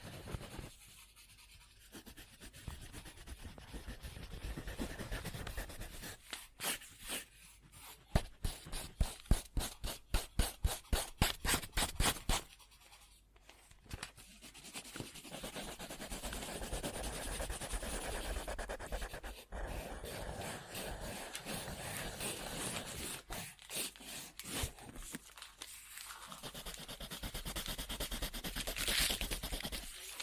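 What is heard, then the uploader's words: Pen or pencil scribbling on paper, a continuous scratchy rubbing with soft low thumps beneath. Between about 6 and 13 seconds the strokes turn into a fast run of sharp, regular taps or dashes, then the steady scratching resumes through the end. Scribbling On Paper.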